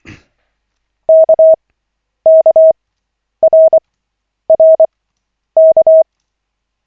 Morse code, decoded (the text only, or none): KKRRK